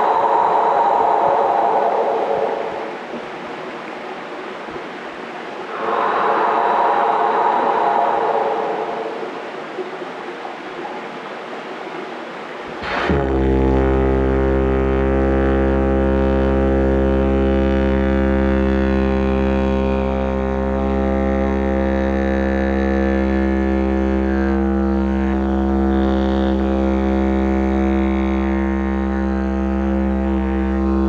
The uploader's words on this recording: Didgeridoo sound journey. The sounds of the water, breath, and didgeridoo.